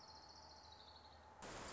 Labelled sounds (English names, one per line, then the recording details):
Orange-crowned Warbler
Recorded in Sonoma County, California